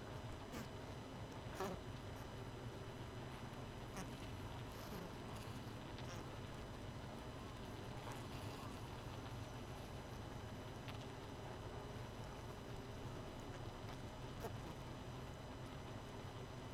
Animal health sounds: honeybee colony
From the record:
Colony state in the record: missing queen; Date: 31 May 2018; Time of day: 22:28

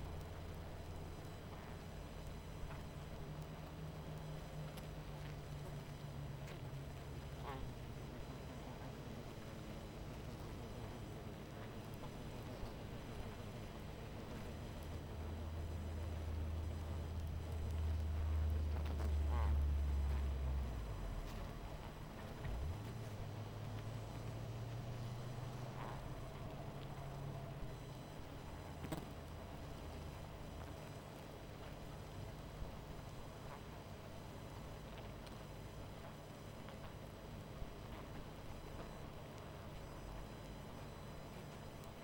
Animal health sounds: honeybee colony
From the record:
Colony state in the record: missing queen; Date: 14 July 2017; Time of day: 21:30

